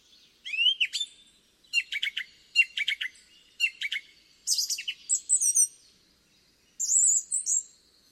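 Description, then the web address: Song thrush song: a clipped, stuttering phrase repeated several times, then higher whistled and chirped phrases, each given in short bursts with brief gaps. "cianscape birddata Deverinetal 2025"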